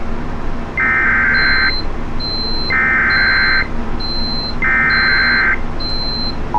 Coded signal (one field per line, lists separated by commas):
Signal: Emergency Alert System (SAME) tones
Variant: header bursts